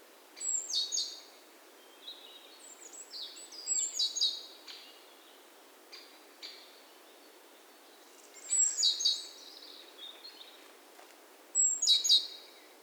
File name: Parus major